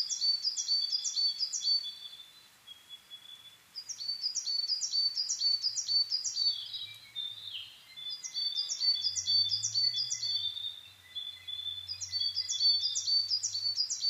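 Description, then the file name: Coal tit delivering several bursts of brisk, high, repeated two-part notes separated by brief gaps, with lower slurred whistles between and a soft low rumble. Recorded 22 May 2010 at 17:41, Japan. "higara-20100522-1741"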